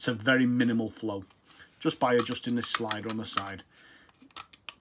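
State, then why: Seated. The plastic flow-rate slider on the side of an All Pond Solutions pond surface skimmer is moved through its notched positions while someone talks. After the speech, sharp clicks at 4.4 s, 4.5 s and 4.7 s mark the slider locking into detents. It holds in place so it will not slide open on its own.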